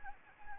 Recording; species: mosquito wingbeat signal from an infrared sensor; Anopheles gambiae